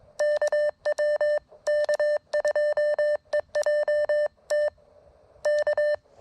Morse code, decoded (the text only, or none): K W K2EJT K